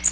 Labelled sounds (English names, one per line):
Blackburnian Warbler flight call